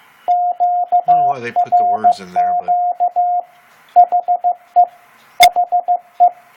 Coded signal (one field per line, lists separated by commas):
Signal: Morse code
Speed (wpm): 15 wpm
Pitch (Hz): 710 Hz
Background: speech, radio noise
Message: QRQ HE HE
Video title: 15 wpm Morse Code and Discussion